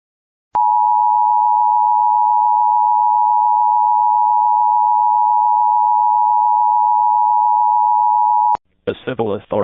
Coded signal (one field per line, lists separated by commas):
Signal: Emergency Alert System (SAME) tones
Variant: 853 and 960 Hz attention tone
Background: speech